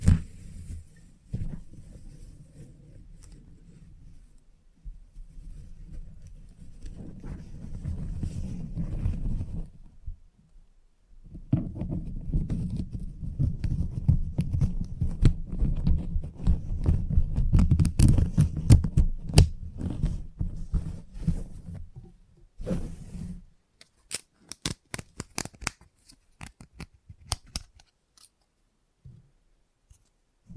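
Electric clippers buzz low and steady in two long stretches, then quick crisp scissor snips click in irregular bursts near the end.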